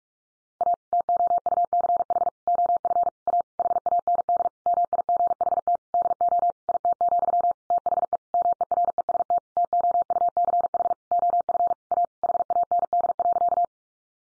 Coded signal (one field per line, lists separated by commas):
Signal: Morse code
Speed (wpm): 46 wpm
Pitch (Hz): 700 Hz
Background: none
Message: A TOUCH OF A HAND MIGHT DO IT, THE MEREST TOUCH OF A HAND.